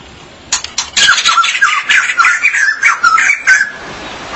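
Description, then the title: Magpie-robin or shama song: a fast, rich run of varied whistled and slurred notes, loud and almost continuous for about three seconds. "BM Suara Burung Murai"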